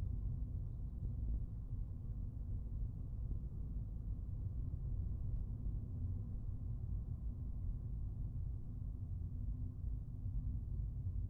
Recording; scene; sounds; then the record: everyday scene through a hearing-aid microphone; in a vehicle; engine, rumble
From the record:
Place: Skoda Fabia, gasoline engine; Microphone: behind the ear, right, rear